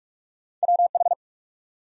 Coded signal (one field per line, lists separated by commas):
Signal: Morse code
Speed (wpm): 44 wpm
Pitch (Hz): 700 Hz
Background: none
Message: WH